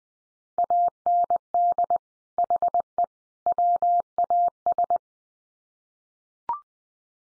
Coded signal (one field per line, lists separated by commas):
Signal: Morse code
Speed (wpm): 20 wpm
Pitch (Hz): 700 Hz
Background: none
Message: AND HE WAS